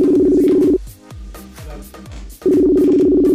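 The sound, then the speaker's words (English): An outgoing Facebook call's ringing tone: a steady, buzzy low purr sounds, stops for a gap filled with soft plucked, falling notes, then the purr starts again. “I'm ringing on Facebook, dear.”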